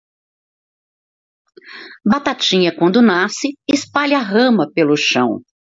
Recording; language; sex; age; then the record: short text; Brazilian Portuguese; female; 60 to 69 years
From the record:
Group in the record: control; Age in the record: 62 years